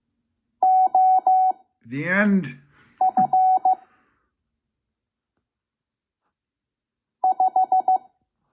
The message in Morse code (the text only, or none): OF 5